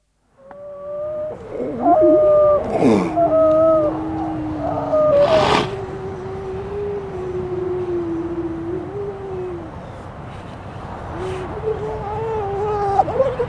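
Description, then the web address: Grey seal howls: drawn-out tonal moans that hold steady then slide, broken by two brief noisy bursts. "gray seal"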